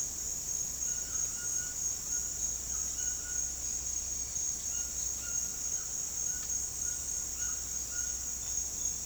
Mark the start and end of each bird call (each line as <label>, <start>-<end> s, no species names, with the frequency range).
bird call (0.8-3.0 kHz), 0.82-3.58 s
bird call (0.7-3.6 kHz), 4.62-8.19 s
bird call (2.9-3.9 kHz), 8.45-9.06 s